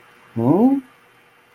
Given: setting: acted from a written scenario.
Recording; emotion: vocal sound without words; confusion